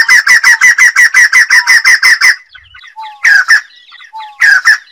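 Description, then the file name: Bulbul delivering a fast, even series of about a dozen repeated chirping notes, followed by a few separate whistled phrases. Bird singing and calling. "Tieng chim Bo Chao hot keu"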